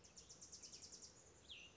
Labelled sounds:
Cassin's Vireo (Vireo cassinii)
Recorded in Sonoma County, California

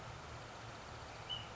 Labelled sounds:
Ash-throated Flycatcher (Myiarchus cinerascens)
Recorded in Sonoma County, California

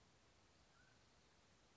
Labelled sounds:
Mountain Quail (Oreortyx pictus)
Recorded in Sonoma County, California

